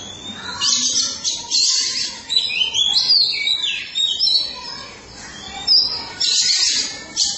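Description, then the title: Oriental magpie-robin song, a dense high jumble of scratchy squeaks, trills and chirps with a few short pauses. Chirping song (kicauan) of the bird. "Suara Kicauan Burung Kacer"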